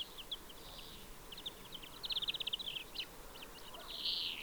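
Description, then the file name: European greenfinch calls: scattered short chirps, then a rapid trill of about ten notes, ending in a drawn-out wheezy note, with steady background hiss. "Chloris chloris"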